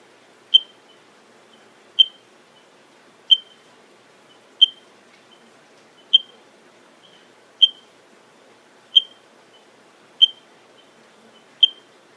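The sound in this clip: Eiffinger's tree frog call: single sharp, high click-like notes repeated at steady, even intervals.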